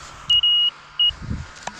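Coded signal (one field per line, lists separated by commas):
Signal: none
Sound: a GPS device's beeps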